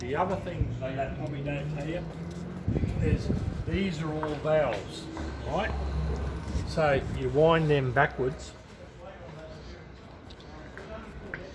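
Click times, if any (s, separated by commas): 11.3 s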